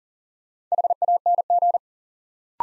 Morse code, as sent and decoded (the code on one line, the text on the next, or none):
.... .- -. --.
HANG